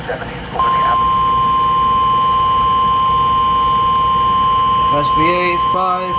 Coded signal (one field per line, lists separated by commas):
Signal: Emergency Alert System (SAME) tones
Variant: 1050 Hz attention tone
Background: speech